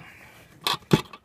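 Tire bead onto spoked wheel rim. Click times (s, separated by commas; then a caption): 0.7 s. The last section of a rubber tire bead is pushed over the metal rim edge of a spoked dirt-bike wheel, with body weight leaning in, while mounting a tubeless tire. After a faint low hiss, a sharp pop at 0.7 s marks the bead seating onto the rim, followed by a deeper thud at 0.9 s and two faint taps near 1.1 and 1.3 s.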